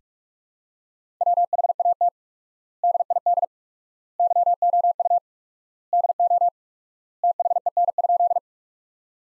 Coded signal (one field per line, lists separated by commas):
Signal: Morse code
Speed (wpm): 46 wpm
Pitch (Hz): 700 Hz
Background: none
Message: WHAT DID YOU DO THEN?